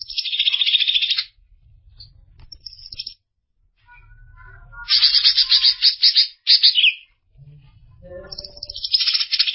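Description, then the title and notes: Greater green leafbird song in bursts of loud, buzzy, chattering notes separated by quiet gaps, with a few soft twitters and a low hum between phrases. Described as a champion songbird. "Kicau Burung Cucak Ijo Juara. Suara kicauan burung cucak ijo"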